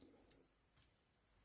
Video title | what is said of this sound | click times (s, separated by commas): Comment bien nettoyer le vaporisateur GHOST MV1 / how to clean GHOST MV1 black stealth FR / ENG | Entendu le petit clic | 0.3 s